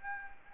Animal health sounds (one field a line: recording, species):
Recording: mosquito wingbeat signal from an infrared sensor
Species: Anopheles gambiae